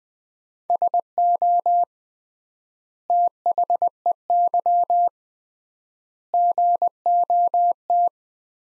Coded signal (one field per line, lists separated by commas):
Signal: Morse code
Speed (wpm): 20 wpm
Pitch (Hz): 700 Hz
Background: none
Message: SO THEY GOT